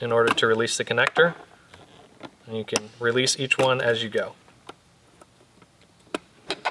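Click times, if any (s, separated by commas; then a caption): 6.1 s. Someone talks while a color-coded wiring harness connector, which fits only one slot, is pushed down into a Dodge, Chrysler, or Jeep integrated power module (TIPM). A sharp click at 6.2 s marks the connector snapping into place, followed by a couple more short clicks. The connector is seated.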